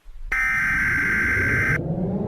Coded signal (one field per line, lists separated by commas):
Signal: Emergency Alert System (SAME) tones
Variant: header bursts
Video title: EAS Mock: 3:00 P.M.